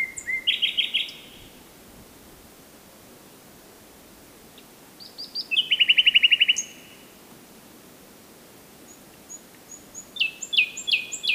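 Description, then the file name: Common nightingale song: a fast pulsing series of repeated notes, a longer rapid series of repeated notes around six seconds, then a stuttering run of high notes at the end. "Luscinia megarhynchos"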